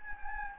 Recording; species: mosquito wingbeat signal from an infrared sensor; Anopheles gambiae